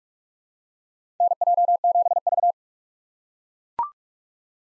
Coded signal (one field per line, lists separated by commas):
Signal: Morse code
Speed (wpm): 43 wpm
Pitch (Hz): 700 Hz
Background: none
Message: NJ7V